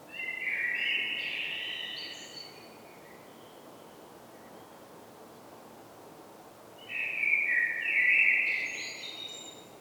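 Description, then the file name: Common blackbird, two rich whistled song phrases separated by several seconds of quiet, each tailing into high twittery notes. "Turdus merula"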